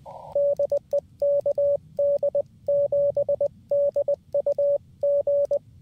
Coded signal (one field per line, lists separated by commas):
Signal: Morse code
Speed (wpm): 20 wpm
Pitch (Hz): 570 Hz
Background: radio noise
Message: DE KD7DUG